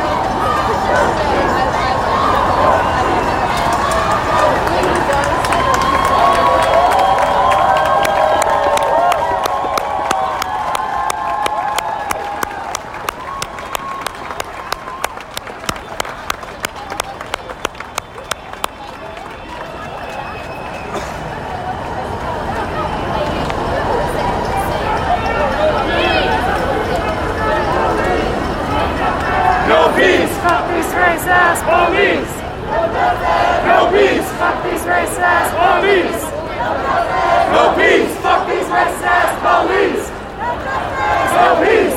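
A peaceful protest crowd in New York City talks and shouts in a dense, steady mass of voices. From about 10 to 19 seconds, a fast, regular clapping or beating runs underneath. After a brief lull, the crowd swells again with sharp claps and cries.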